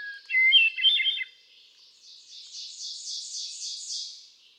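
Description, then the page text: Hermit thrush song phrase with a low whistled start and quick fluty flourish, followed by a quieter, higher trilling bird song repeating in the background. Male singing, cycling through a repertoire of about ten different songs; 13 June 2006, Quabbin Park, Ware, Massachusetts. "Birdsong for the Curious Naturalist. Hermit thrush. A truly gifted and inspiring songster. Can you hear how he cycles through his repertoire of about ten different songs? June 13, 2006. Quabbin Park, Ware, Massachusetts"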